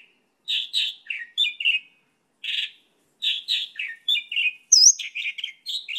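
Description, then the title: Bird warbling varied, slurred chirps in short phrases, with one sharp, very high note standing out partway through. "SuaraBurung Kicau"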